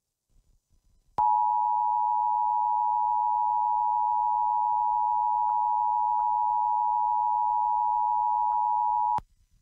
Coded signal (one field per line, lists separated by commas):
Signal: Emergency Alert System (SAME) tones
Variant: 853 and 960 Hz attention tone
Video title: Emergency Alert System Flash Flood Warning for Los Angeles KWHY 22 - January 9, 2023